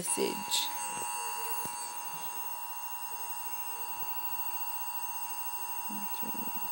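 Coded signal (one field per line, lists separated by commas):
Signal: Emergency Alert System (SAME) tones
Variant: 853 and 960 Hz attention tone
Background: speech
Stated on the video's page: Mock EAS tornado warning, not a real alert.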